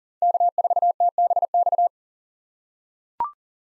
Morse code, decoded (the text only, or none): K4TBX